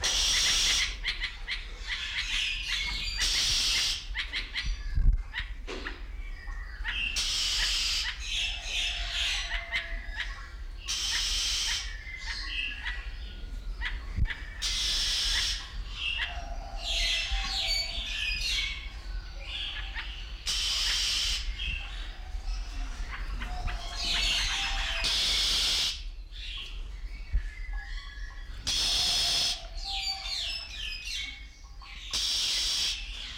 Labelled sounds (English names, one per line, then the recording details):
Oriental Magpie-Robin call
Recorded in captivity
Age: adult
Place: Zoo Berlin, Berlin, DE
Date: 1993-01-01 10:20
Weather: sonnig, -5°C
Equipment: Marantz CP 430, Sennheiser ME 80, Kopie Uher Variocord 263
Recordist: Tembrock, Günter